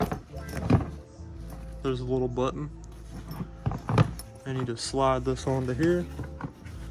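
A 15-inch Milwaukee Packout modular tool bag is handled and lined up to slide onto the mating latch rails of a modular storage box while someone talks over background music. A few short knocks and rattles from the handling are heard. Nothing has seated or clicked yet.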